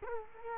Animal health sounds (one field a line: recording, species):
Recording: mosquito wingbeat signal from an infrared sensor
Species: Culex quinquefasciatus